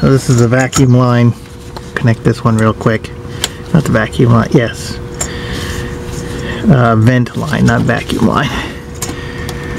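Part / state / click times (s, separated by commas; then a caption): vent line quick-connector onto fuel tank module fitting / not seated / none. A plastic vent line quick-connector on a 1999 Saturn SL2 is handled near its fitting on the fuel tank module during a fuel pump replacement, while someone talks. A steady hum runs beneath, with a few brief sharp sounds. Nothing has seated or clicked yet.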